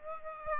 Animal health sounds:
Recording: mosquito wingbeat signal from an infrared sensor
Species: Aedes aegypti

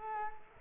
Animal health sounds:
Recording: mosquito wingbeat signal from an infrared sensor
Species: Culex quinquefasciatus

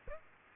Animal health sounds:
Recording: mosquito wingbeat signal from an infrared sensor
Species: Aedes aegypti

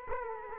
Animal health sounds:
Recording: mosquito wingbeat signal from an infrared sensor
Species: Aedes aegypti

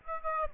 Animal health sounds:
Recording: mosquito wingbeat signal from an infrared sensor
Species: Aedes aegypti

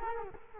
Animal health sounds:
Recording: mosquito wingbeat signal from an infrared sensor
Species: Culex quinquefasciatus

